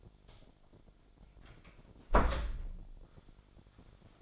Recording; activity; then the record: daily activity, microphone in the room; close door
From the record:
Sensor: 5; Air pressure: 1007.4 hPa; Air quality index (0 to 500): 165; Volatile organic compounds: 4 ppm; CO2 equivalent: 1581 ppm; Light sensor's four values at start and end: 56/157/61/61 and 55/157/61/61